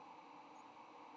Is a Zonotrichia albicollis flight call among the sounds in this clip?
no